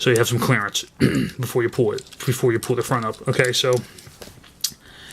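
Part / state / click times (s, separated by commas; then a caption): front section of a transforming robot toy on its joint / seated / 4.6 s. Someone talks while pulling the front section of a plastic Transformers Masterpiece MP-17 Prowl KO transforming robot toy up into position on its joint. A sharp click is heard at 4.7 s as the front section seats.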